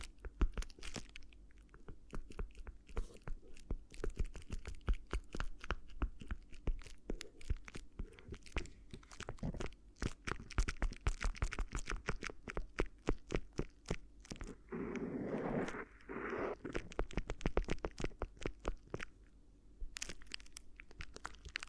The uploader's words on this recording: ASMR Addictive Crinkly Ear Massage (No Talking).